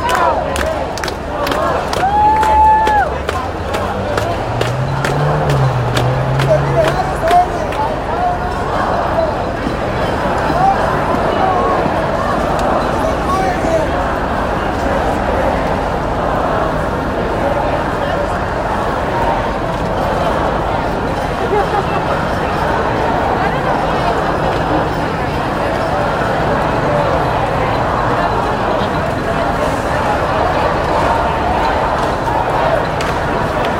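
A peaceful protest in New York City, heard as a steady, dense wash of many voices talking at once with no pauses. In the first seven seconds there are sharp clicks or taps and a brief whistle-like tone, then the crowd murmur continues evenly.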